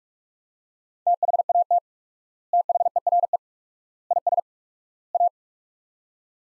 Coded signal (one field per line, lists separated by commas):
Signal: Morse code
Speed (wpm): 46 wpm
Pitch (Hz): 700 Hz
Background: none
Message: THAT THERE IS A